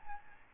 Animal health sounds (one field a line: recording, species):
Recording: mosquito wingbeat signal from an infrared sensor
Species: Aedes albopictus